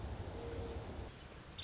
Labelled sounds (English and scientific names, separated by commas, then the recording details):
Nuttall's Woodpecker (Dryobates nuttallii)
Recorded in Sonoma County, California